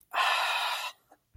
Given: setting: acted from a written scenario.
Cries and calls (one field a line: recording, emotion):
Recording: vocal sound without words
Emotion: contentment